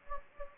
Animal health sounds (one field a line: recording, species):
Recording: mosquito wingbeat signal from an infrared sensor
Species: Anopheles gambiae